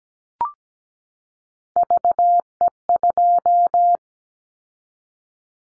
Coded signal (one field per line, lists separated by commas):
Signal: Morse code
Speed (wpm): 17 wpm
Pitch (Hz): 700 Hz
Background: none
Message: VE2